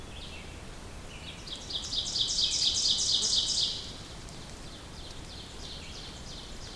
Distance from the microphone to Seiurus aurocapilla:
about 20 m